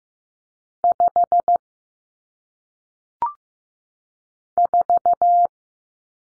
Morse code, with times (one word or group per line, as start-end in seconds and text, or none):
0.8-1.6 5
4.6-5.5 4